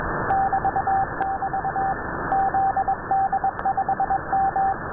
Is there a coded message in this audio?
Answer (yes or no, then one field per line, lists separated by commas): yes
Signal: Morse code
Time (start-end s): 0.3-4.7 s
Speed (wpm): 21 wpm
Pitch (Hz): 780 Hz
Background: radio noise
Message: <BT><BT> ZD5M